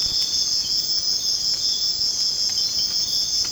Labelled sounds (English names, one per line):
none